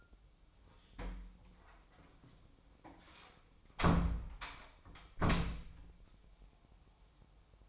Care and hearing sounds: daily activity, microphone in the room; close door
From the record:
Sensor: 1

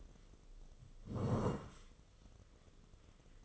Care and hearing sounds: daily activity, microphone in the room; sit down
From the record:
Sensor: 4

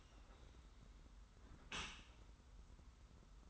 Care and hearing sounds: daily activity, microphone in the room; close dishwasher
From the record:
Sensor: 3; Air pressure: 991.3 hPa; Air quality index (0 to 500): 139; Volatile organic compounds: 277 ppm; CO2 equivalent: 4430 ppm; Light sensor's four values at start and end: 54/145/59/53 and 54/145/59/53

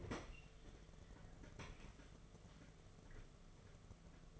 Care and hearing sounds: daily activity, microphone in the room; open fridge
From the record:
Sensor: 4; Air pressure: 1015.8 hPa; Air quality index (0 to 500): 191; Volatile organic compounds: 10 ppm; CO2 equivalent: 2201 ppm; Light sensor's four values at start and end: 15/34/14/15 and 9/21/8/9

